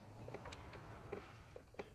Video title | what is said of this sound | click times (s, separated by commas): Toyota Landcruiser – Spark Plugs & Ignition Leads Replacement (FZJ70/FZJ80/FZJ105) | you should be able to just push that one on and hear it click | 1.8 s